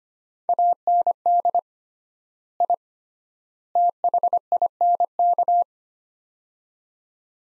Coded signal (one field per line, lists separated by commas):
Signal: Morse code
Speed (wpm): 25 wpm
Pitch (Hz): 700 Hz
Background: none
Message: AND I THINK